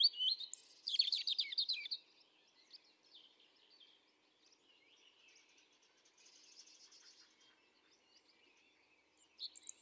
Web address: pub SETE data Erithacus rubecula 310717